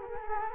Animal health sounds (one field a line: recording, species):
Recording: mosquito wingbeat signal from an infrared sensor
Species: Culex quinquefasciatus